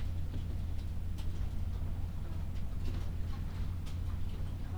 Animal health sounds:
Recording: poultry house recording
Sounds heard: sick chickens (respiratory disease)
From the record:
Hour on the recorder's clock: 12

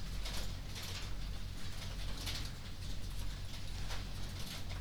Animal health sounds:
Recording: poultry house recording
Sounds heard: no chicken sound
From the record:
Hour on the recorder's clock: 20

